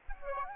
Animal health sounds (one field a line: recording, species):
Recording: mosquito wingbeat signal from an infrared sensor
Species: Aedes aegypti